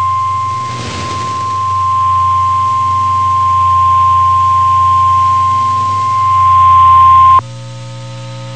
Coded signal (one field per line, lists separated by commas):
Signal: Emergency Alert System (SAME) tones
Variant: 1050 Hz attention tone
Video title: Severe T'Storm Warning (EAS #368)